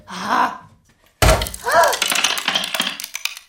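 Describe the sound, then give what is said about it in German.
A sudden hard clatter of new dishes knocking together, nearly breaking but left uncracked: a sharp crockery clunk followed by rattling and scraping, preceded by a short vocal sound and with voices reacting over the noise. “Das ist kein Sprung, das ist nur...”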